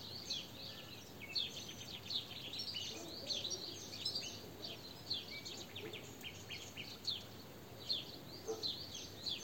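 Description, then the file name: European goldfinch calls: quick tinkling chirps repeated irregularly in short bursts throughout, with faint hiss underneath. "Carduelis carduelis"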